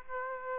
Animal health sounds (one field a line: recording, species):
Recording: mosquito wingbeat signal from an infrared sensor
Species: Aedes aegypti